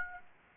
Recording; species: mosquito wingbeat signal from an infrared sensor; Aedes aegypti